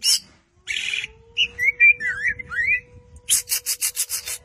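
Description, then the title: Greater green leafbird giving buzzy rasps, then a slurred, warbling whistled phrase, ending in a rapid series of harsh rasping notes; a faint steady hum underneath. Champion song, lively and continuous (gacor), used as a training recording for caged songbirds (masteran). "Cucak Ijo Juara Suara Kicau Cucak Ijo Gacor Masteran Cucak Hijau"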